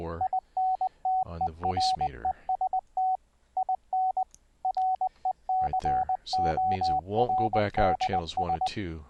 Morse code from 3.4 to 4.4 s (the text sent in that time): IN